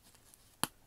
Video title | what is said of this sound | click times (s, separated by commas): Air Jordan 6 x Travis Scott Olive Real Vs Fake Pt. 3 | let see hear that snap | 0.6 s